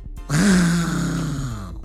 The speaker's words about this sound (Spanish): El tigre ruge.